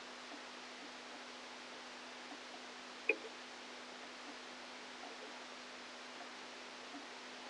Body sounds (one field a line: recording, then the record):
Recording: brain microelectrode recording played as sound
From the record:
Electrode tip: outside the subthalamic nucleus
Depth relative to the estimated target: -4 mm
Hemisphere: left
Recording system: NeuroSet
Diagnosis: Parkinson's disease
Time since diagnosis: 13 years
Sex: male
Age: 49 years